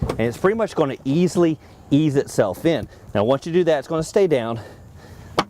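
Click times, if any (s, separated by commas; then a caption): 5.4 s. On a 2017 Chrysler Pacifica minivan, the second-row seat is folded into its floor storage well, and the stow bin floor cover panel is unfolded and pressed down over it while someone talks. The cover latches with a sharp click at 5.4 seconds and sits shut.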